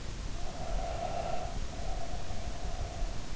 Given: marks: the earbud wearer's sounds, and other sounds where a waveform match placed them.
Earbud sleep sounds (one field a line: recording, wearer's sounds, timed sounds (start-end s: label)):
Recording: sounds in sleep by an in-ear microphone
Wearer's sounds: breath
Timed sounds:
0.27-3.13 s: breath